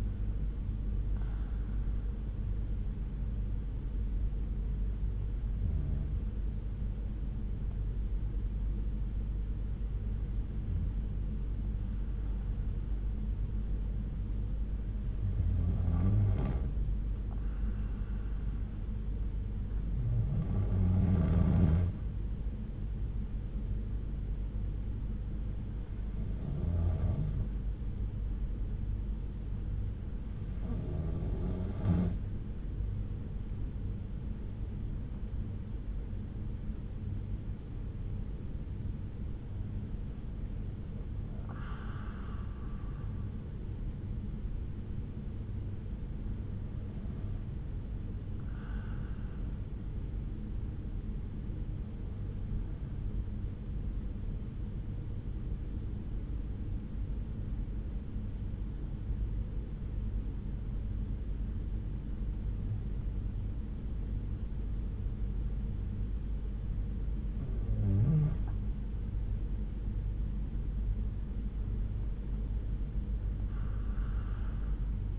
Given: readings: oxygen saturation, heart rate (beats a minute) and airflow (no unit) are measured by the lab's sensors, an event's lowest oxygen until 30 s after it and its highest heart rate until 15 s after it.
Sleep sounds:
breathing in sleep by a smartphone at the bedside; 2
4.00-33.70 s: hypopnea (N1, oxygen 94% highest, then 91% lowest)
54.00-75.19 s: new sleep stage, N2 (light sleep)
55.00-69.80 s: hypopnea (N2, oxygen 94% highest, then 91% lowest)
From the record:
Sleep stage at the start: N1 (lightest sleep); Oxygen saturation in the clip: 91 to 94%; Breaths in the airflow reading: 14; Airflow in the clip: -7.4 to 7.8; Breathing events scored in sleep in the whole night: 368 in 8.0 hours asleep

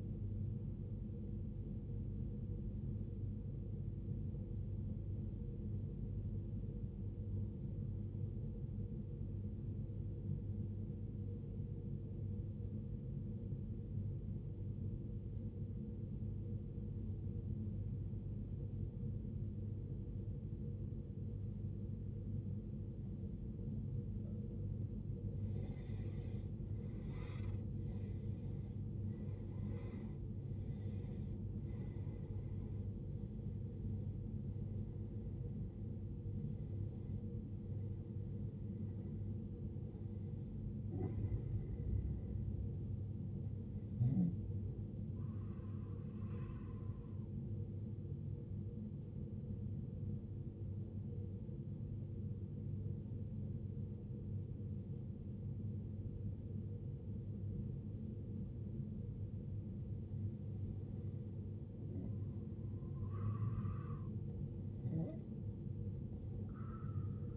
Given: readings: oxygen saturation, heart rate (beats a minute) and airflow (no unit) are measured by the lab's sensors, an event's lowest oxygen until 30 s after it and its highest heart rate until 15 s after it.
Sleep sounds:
breathing in sleep by a smartphone at the bedside; 2
4.00-28.00 s: obstructive apnea (N1, oxygen 95% highest, then 82% lowest, heart rate 62 at the start, 75 highest)
48.00-67.37 s: new sleep stage, N2 (light sleep)
49.00-61.50 s: obstructive apnea (N2, oxygen 93% highest, then 91% lowest, heart rate 58 at the start, 68 highest)
From the record:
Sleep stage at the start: N1 (lightest sleep); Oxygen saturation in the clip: 82 to 95%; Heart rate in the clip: 53 to 75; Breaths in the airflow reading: 9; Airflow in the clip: -19.2 to 18.3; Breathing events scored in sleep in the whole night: 389 in 6.3 hours asleep

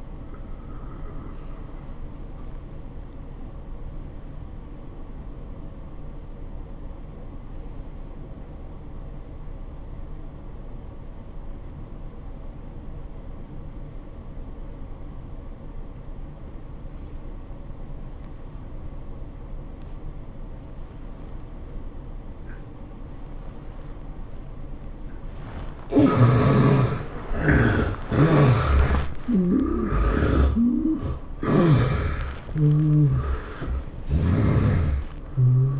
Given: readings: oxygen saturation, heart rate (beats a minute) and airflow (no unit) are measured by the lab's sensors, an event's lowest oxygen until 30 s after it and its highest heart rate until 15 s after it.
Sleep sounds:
breathing in sleep by a smartphone at the bedside; 1
12.00-25.70 s: obstructive apnea (N1, oxygen 92% highest, then 74% lowest, heart rate 90 at the start, 108 highest)
29.00-35.80 s: new sleep stage, N2 (light sleep)
From the record:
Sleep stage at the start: N1 (lightest sleep); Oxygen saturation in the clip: 69 to 92%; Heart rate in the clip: 78 to 104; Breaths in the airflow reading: 4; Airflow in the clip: -12.8 to 13.8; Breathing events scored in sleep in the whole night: 403 in 5.5 hours asleep

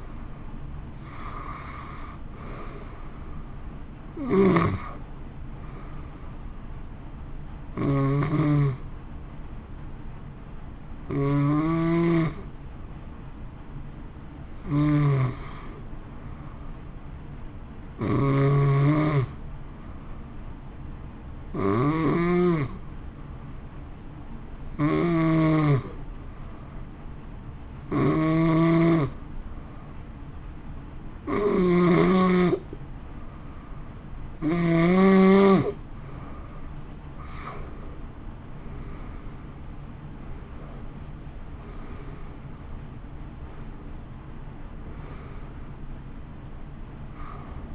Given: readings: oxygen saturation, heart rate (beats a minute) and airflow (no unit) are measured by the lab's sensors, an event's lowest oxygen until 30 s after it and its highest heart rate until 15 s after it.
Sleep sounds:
breathing in sleep by a smartphone at the bedside; 1
10.00-37.20 s: hypopnea (N1, oxygen 92% highest, then 87% lowest)
From the record:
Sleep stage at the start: N1 (lightest sleep); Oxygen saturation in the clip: 86 to 92%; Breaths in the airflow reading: 13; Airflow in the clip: -1.9 to 3.8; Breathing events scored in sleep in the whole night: 328 in 6.3 hours asleep

